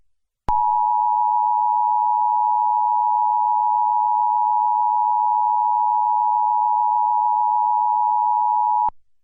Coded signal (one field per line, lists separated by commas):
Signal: Emergency Alert System (SAME) tones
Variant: 853 and 960 Hz attention tone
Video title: EAS Scenario: Kiarol